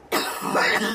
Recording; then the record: coughing mixed with background sound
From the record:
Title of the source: choking, hacking coughing